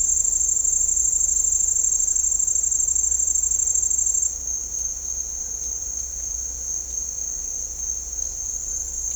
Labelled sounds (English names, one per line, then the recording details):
none
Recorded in dense forest near Puerto Asís, Putumayo, Colombia, on 16 December 2024 at 07:30
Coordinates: 0.499, -76.324
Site G045